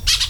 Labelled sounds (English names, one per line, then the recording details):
Brown-throated Parakeet contact call
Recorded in Venezuela
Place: PN Cerro Saroche, Tierras del Sr. Polo, Edo. Lara
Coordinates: 10.171, -69.518